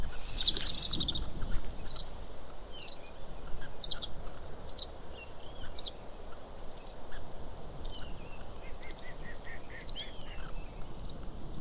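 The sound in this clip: Bird calls: short high chirps repeated roughly once a second throughout, opening with a brief louder burst, over a steady low rumble of background noise.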